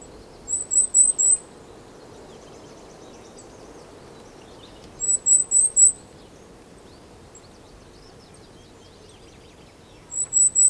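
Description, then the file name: Goldcrest giving short bursts of three or four very high, thin notes, repeated roughly every five seconds over a faint background hiss. Song; Europe. "Wintergoldhaehnchen Gesang Voegel in Europa"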